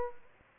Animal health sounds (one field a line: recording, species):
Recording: mosquito wingbeat signal from an infrared sensor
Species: Aedes albopictus